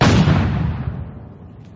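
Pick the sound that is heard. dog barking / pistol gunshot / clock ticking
pistol gunshot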